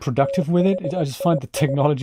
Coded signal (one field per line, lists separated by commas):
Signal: Morse code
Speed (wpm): 20 wpm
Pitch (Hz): 550 Hz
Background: speech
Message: THIS